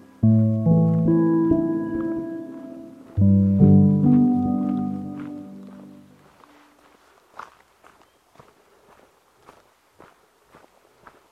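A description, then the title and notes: On a trail at the foot of a mountain, two long, deep horn-like chords sound, starting near the beginning and again around three seconds, each fading slowly. After they die away, soft footsteps crunch at an uneven pace over quiet outdoor air. In Jasper, AB Canada at the foot of Pyramid Mountain on the Patricia Lake Loop Trail.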